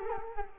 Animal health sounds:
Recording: mosquito wingbeat signal from an infrared sensor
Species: Culex quinquefasciatus

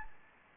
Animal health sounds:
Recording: mosquito wingbeat signal from an infrared sensor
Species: Anopheles gambiae

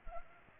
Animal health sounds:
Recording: mosquito wingbeat signal from an infrared sensor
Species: Culex pipiens

